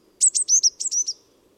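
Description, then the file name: Eurasian blue tit giving a quick run of about seven thin, high, hooked notes in about a second, over a faint low hum. "Cyanistes caeruleus"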